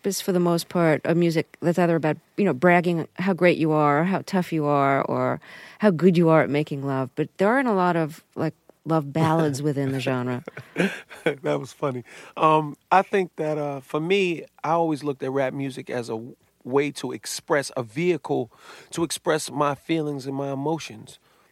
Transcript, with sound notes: Rap is, for the most part, a music that's either about, you know, bragging how great you are or how tough you are or how good you are at making love. But there aren't a lot of, like, love ballads within the genre.
(Laughter) That was funny. I think that for me, I always looked at rap music as a way to express - a vehicle to express my feelings and my emotions.